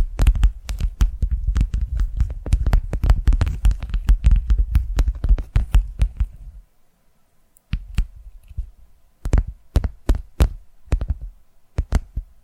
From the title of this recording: Tapping Through Your Brain Invisible + 3D Triggers